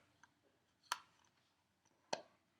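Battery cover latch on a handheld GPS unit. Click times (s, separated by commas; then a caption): 0.9 s, 2.1 s. The battery cover latch of a Garmin Montana 650t handheld GPS, whose cover has a rubber water seal, is closed and turned to lock after a faint tick at 0.2 s. Two sharp clicks sound at 0.9 s and 2.1 s, and the latch locks in place.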